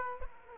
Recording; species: mosquito wingbeat signal from an infrared sensor; Aedes aegypti